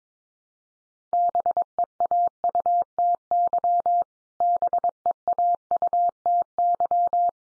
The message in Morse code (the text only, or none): BEAUTY BEAUTY